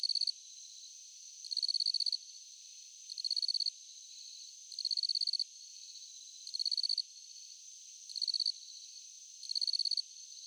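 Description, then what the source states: Crickets produce a steady rhythm of brief, rapidly pulsed chirps about every one and a half seconds over a persistent high-pitched insect drone. Crickets at night.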